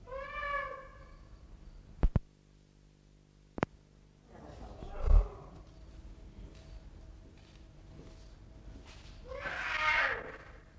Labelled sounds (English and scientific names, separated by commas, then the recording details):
Puma (Puma concolor) call
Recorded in captivity
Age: adult
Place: Zoo Berlin, Berlin, DE
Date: 1960-01-23 14:00
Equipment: Reporter (Vollspur)
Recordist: Tembrock, Günter